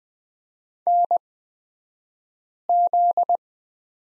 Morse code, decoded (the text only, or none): NZ